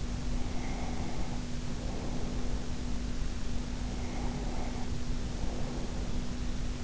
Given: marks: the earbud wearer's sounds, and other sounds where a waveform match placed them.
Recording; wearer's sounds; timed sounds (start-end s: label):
sounds in sleep by an in-ear microphone; breath
0.18-2.78 s: breath
3.75-6.29 s: breath